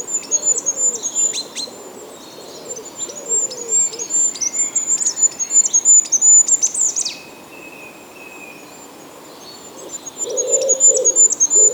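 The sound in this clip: Goldcrest song: thin, very high rhythmic notes repeated in quick series, ending in a brief twirling flourish, with a lower warbling sound in the background.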